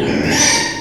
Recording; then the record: squeal of a Yucatan mini pig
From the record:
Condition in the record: before surgery on the right vocal fold (resection and tissue-engineered implant); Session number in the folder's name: 2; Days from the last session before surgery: 0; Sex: male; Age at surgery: 12 weeks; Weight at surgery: 13 kg